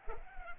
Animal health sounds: mosquito wingbeat signal from an infrared sensor; Culex pipiens

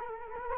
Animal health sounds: mosquito wingbeat signal from an infrared sensor; Culex quinquefasciatus

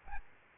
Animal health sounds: mosquito wingbeat signal from an infrared sensor; Aedes albopictus

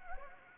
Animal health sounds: mosquito wingbeat signal from an infrared sensor; Anopheles gambiae

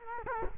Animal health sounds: mosquito wingbeat signal from an infrared sensor; Culex quinquefasciatus

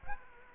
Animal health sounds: mosquito wingbeat signal from an infrared sensor; Aedes aegypti

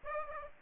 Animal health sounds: mosquito wingbeat signal from an infrared sensor; Aedes aegypti

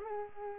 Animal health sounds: mosquito wingbeat signal from an infrared sensor; Culex pipiens

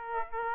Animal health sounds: mosquito wingbeat signal from an infrared sensor; Aedes aegypti

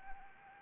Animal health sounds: mosquito wingbeat signal from an infrared sensor; Anopheles arabiensis

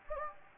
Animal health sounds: mosquito wingbeat signal from an infrared sensor; Anopheles gambiae

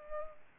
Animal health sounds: mosquito wingbeat signal from an infrared sensor; Culex pipiens

